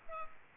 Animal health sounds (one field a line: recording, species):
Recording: mosquito wingbeat signal from an infrared sensor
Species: Culex pipiens